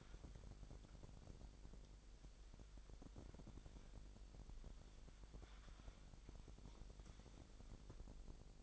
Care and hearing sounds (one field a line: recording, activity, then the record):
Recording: daily activity, microphone in the room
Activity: wipe stove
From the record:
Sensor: 5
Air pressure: 1001.0 hPa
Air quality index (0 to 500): 247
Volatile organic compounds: 34 ppm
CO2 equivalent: 3041 ppm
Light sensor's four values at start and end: 30/68/27/26 and 31/71/29/27